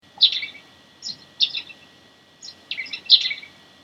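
Eurasian Tree Sparrow giving several short, bright chirps in irregular bursts, the last ones closely bunched, over a quiet background.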